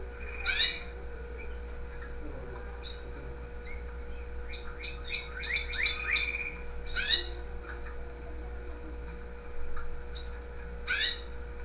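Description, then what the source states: Canary giving scattered bursts of song, short sweeping chirps and brief trills separated by pauses, with a continuous low hum in the background. The owner's own canary, recorded singing with background music playing.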